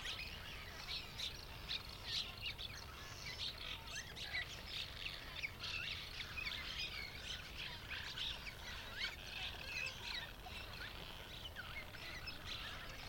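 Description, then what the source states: Crowded chorus of Cliff Swallow chirps and twittering notes, constant and overlapping, with occasional louder squeaks over a low rumbling background. Late morning at a Cliff Swallow rookery, Columbia National Wildlife Refuge; thousands of swallows darting in and out of hundreds or thousands of cliff nests.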